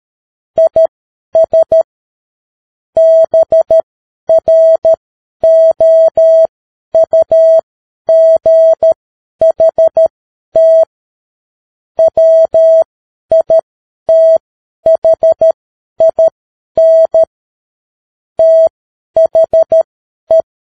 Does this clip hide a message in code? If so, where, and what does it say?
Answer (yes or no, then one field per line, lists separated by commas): yes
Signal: Morse code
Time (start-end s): 0.6-20.4 s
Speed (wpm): 13 wpm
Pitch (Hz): 650 Hz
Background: none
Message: IS BROUGHT WITHIN THE